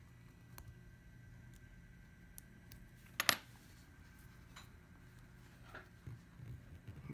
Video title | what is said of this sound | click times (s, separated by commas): Skagen 433LSLB Strap Customization | as long as you hear it snap I can see that that's in there secure one | 3.2 s, 3.3 s